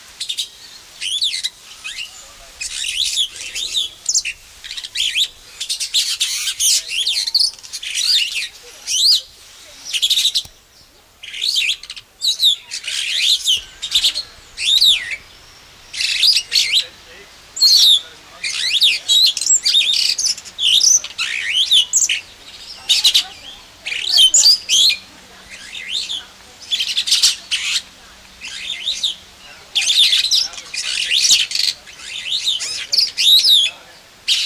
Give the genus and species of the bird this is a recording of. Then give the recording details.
Lamprotornis superbus. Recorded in captivity. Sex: male. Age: adult. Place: Zoo Berlin, Berlin, DE. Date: 1999-09-04 11:58. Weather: sunny, 21°C. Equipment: Sony WM-D6C, Sennheiser ME 80, Kopie Uher 4000 Report Monitor. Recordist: Tembrock, Günter